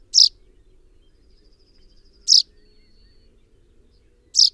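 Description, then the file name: Common chaffinch calls: bright, clipped high notes repeated roughly every two seconds, three in all, with a faint steady background hum. "Fringilla coelebs"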